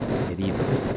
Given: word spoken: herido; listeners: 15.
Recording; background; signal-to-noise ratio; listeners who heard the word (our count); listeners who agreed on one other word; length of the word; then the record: one Spanish word in noise, from a listening test; noise modulated by three-talker babble; -4.5 dB; 2 of 15; 7 of 15; 0.57 s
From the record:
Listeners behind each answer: 7, 2, 1, 1, 1, 1, 1, 1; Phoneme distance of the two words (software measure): 10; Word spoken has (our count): 3 syllables, 5 phonemes, stress on syllable 2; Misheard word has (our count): 3 syllables, 5 phonemes, stress on syllable 2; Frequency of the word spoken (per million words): 22.57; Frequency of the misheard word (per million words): 22.88